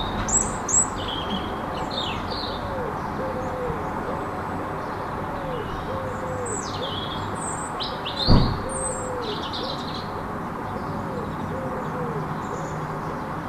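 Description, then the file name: European robin singing high, sweet, tumbling phrases in short bursts, while a pigeon coos in a low repeated rhythm; a single thud breaks in about two-thirds of the way through, over constant city rumble. In a city, 5 March 2015; recorded on an MZ-N710 MiniDisc recorder. "Rouge-gorge dans la ville 5 03 15"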